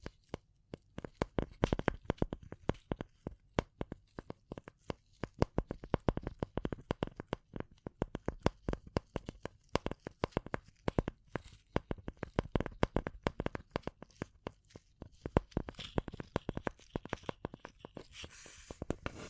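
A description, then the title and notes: Quick, dense tapping runs the whole way through, sharp clicks falling in irregular bursts with brief gaps. Near the end, a brighter scratching texture joins in around fifteen seconds. ASMR Relaxing Tapping & Scratching Rode Mic Test (No Talking).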